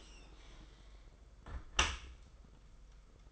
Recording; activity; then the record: daily activity, microphone in the room; close dishwasher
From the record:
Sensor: 5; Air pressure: 991.5 hPa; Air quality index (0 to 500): 118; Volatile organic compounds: 39 ppm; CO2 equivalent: 3130 ppm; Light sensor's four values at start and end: 40/126/48/51 and 40/125/48/51